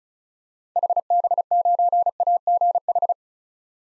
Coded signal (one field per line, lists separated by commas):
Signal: Morse code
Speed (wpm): 34 wpm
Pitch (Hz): 700 Hz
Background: none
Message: HB9AGH